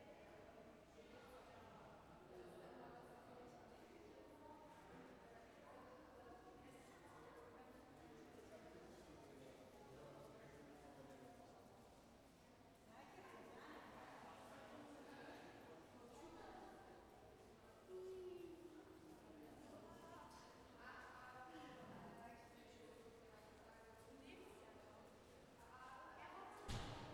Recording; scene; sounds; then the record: everyday scene through a hearing-aid microphone; reverberant space; background noise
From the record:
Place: railway station hall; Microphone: behind the ear, left, rear